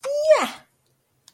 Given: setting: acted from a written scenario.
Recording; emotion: vocal sound without words; pride